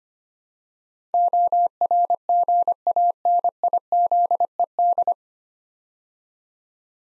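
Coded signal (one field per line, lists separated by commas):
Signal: Morse code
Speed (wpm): 25 wpm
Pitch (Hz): 700 Hz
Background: none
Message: ORGANIZED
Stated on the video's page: Morse practice, 25 wpm, 9-letter words built 3 letters at a time.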